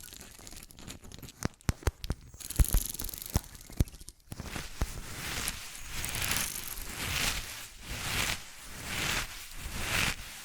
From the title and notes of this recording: ASMR Fast Changing Unpredictable Triggers (No Talking).